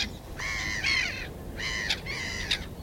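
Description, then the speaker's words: Great Reed Warbler song, harsh croaking rasping notes in short grating phrases, with a steady background hiss. Singing male; this year two singing males appear to be settling durably on a wetland reserve in Île-de-France, where the species is critically endangered regionally. "On entend la rousserolle turdoïde qui chante, une espèce en danger critique d'extinction au niveau régional."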